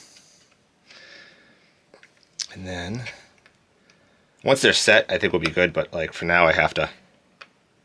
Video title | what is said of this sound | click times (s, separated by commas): Thermalright - LGA Bracket - Install | yep I heard it click | 7.4 s